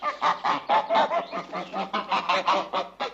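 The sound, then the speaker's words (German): Two geese in a stable honk in a rapid, uneven string of harsh, nasal calls, about a dozen loud bursts overlapping with barely a pause between them, with no voices present. “Dann sehe ich 2 Gänse.”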